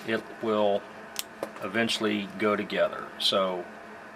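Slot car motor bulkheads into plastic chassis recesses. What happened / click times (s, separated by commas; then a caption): The part is being worked into place but has not snapped home yet / none. Someone talks while the motor assembly's bulkheads are spread and pressed into the recesses of a plastic Tyco 440x2 slot car chassis, with a few faint handling ticks between the words. Nothing has seated or snapped into place yet.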